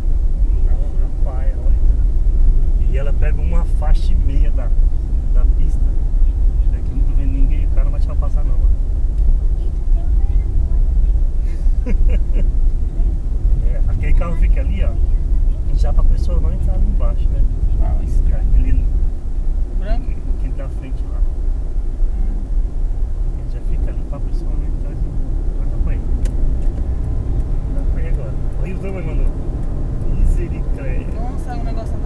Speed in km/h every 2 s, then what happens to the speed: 61, 61, 62, 61, 59, 61, 62, 62, 63, 64, 67, 69, 71, 77, 83, 89.
0-17 steady at about 61. 17-32 speeds up to 89.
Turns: none.